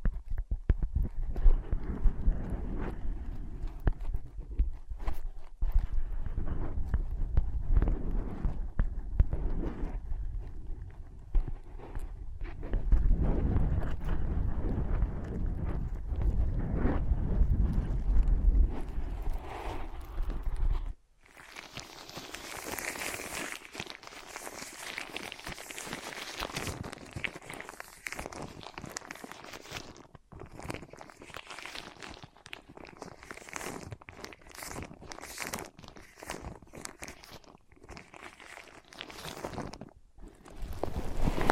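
ASMR tapping and scratching: a dense, low rubbing and thumping for twenty seconds, then brighter, crisper scratching and tapping continues steadily.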